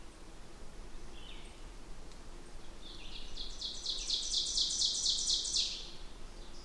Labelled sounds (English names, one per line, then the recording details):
Ovenbird song
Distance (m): 40 m
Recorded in boreal forest in Alberta, Canada, on 16 June 2016 at 08:07
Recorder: SongMeter 3, array SBT-3-32
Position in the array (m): 144 m, 26 m
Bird 36